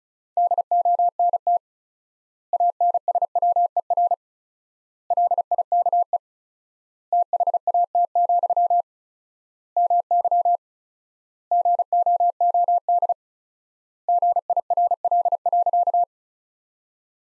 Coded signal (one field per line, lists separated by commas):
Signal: Morse code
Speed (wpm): 36 wpm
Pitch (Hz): 700 Hz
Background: none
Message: DONT ANSWER LIKE THAT, MY GOOD GIRL.